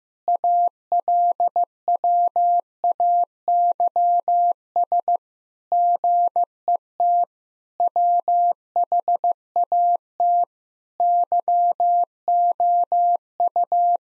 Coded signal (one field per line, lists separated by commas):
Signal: Morse code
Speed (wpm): 16 wpm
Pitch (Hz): 700 Hz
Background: none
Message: ALWAYS GET WHAT YOU